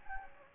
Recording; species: mosquito wingbeat signal from an infrared sensor; Anopheles gambiae